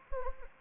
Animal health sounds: mosquito wingbeat signal from an infrared sensor; Anopheles gambiae

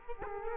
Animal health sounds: mosquito wingbeat signal from an infrared sensor; Culex quinquefasciatus

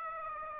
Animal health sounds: mosquito wingbeat signal from an infrared sensor; Aedes aegypti

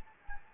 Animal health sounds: mosquito wingbeat signal from an infrared sensor; Anopheles gambiae

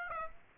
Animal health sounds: mosquito wingbeat signal from an infrared sensor; Aedes aegypti

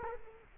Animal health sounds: mosquito wingbeat signal from an infrared sensor; Culex quinquefasciatus

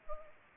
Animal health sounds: mosquito wingbeat signal from an infrared sensor; Anopheles arabiensis

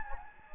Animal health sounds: mosquito wingbeat signal from an infrared sensor; Anopheles gambiae

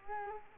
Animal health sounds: mosquito wingbeat signal from an infrared sensor; Culex quinquefasciatus

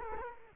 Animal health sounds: mosquito wingbeat signal from an infrared sensor; Culex quinquefasciatus

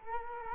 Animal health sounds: mosquito wingbeat signal from an infrared sensor; Culex quinquefasciatus

